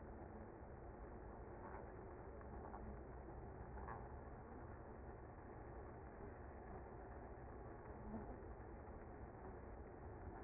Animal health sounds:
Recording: honeybee colony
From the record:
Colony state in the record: active

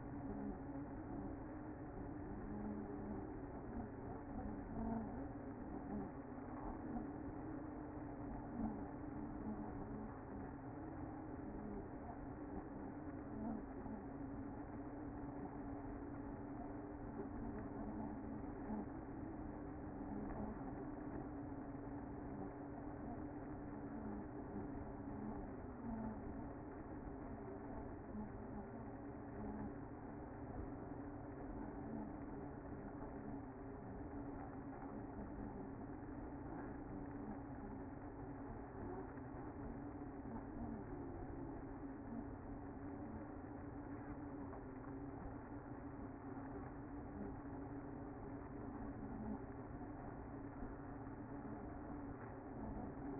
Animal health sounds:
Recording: honeybee colony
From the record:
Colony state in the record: active

